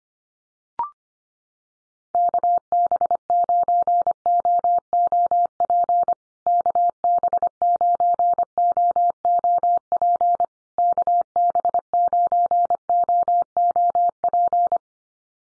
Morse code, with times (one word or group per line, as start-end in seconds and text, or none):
2.1-6.1 KB9OOP
6.5-10.4 KB9OOP
10.8-14.8 KB9OOP